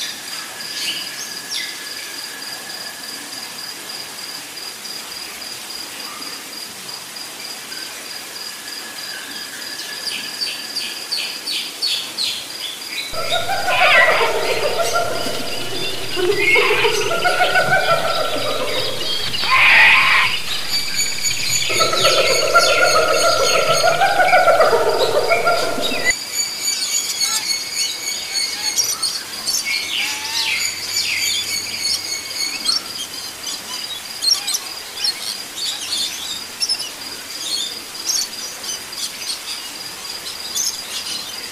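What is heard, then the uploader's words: Rainforest sound with a steady high insect whine running throughout and scattered bird chirps and calls. From about 13 to 26 seconds a louder, busier layer of overlapping calls and rustling fills the middle range, then the scene settles back to insects and occasional birds. Total Rainforest Immersion. Costa Rica.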